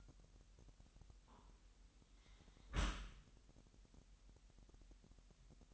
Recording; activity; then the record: daily activity, microphone in the room; close dishwasher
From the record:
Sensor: 3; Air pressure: 998.1 hPa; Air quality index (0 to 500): 152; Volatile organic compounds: 5 ppm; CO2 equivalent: 1816 ppm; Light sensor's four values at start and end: 13/38/15/14 and 13/38/15/14